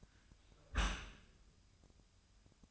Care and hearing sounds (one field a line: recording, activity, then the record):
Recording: daily activity, microphone in the room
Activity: close dishwasher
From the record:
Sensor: 2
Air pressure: 1004.5 hPa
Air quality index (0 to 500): 109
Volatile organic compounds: 2 ppm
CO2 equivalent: 1314 ppm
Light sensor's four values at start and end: 6/15/6/6 and 6/15/6/6